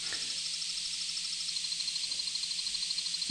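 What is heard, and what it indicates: A steady, high-pitched whooshing hiss carries faint, high tones that come in and pulse about twice a second. This is a sound stimulus for tinnitus treatment, paired with a sensation on the tongue to activate areas of the cortex that respond to the sense of feeling.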